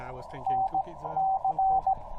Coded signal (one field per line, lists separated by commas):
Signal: Morse code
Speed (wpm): 17 wpm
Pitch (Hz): 810 Hz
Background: speech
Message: NC